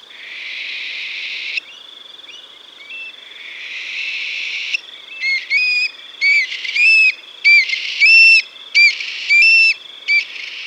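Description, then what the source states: Eurasian thick-knee calls: after a steady buzzy hiss, a run of loud whistled notes with sliding harmonics, repeated in quick clipped bursts. Calls and scolds.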